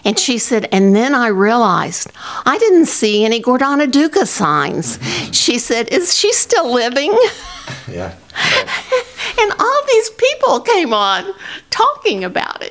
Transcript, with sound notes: And she said, "And then I realized I didn't see any Gordona Duca signs. She said, 'Is she still living?'" (Laughing) And all these people came on talking about it.